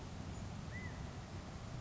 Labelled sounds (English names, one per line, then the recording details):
California Quail
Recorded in Sonoma County, California